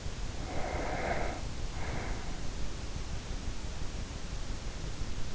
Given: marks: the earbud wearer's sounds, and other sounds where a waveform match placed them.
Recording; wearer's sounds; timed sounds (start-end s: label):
sounds in sleep by an in-ear microphone; breath
0.25-2.56 s: breath